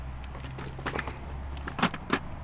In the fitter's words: so it locks into place already.